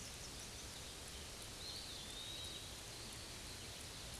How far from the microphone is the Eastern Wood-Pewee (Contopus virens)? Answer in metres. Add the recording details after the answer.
about 65 m. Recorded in a Pennsylvania forest on 18 May 2023 at 11:30. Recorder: AudioMoth, point grid1_16_low. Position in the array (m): 185 m, 169 m